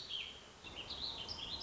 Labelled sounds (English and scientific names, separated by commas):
Warbling Vireo (Vireo gilvus)